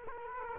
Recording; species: mosquito wingbeat signal from an infrared sensor; Culex quinquefasciatus